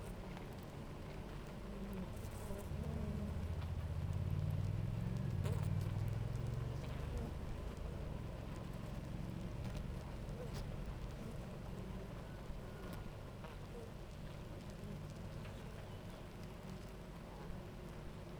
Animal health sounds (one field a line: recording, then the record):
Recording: honeybee colony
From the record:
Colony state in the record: active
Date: 28 July 2017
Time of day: 9:32